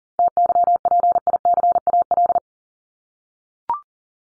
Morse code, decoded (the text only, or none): TYPICAL